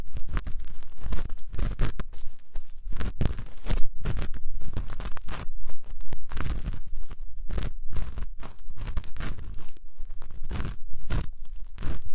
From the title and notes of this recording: Ear canal simulation, ultra-deep penetrating ear picking, delicate and comfortable.